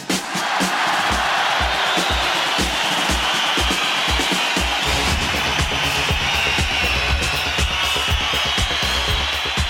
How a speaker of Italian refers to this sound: Le urla dei tifosi, la tensione delle sfide più dure, i colori delle bandiere, il profumo dell'erba.